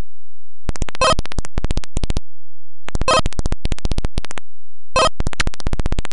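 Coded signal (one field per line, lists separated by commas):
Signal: none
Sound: game's sound effect beeps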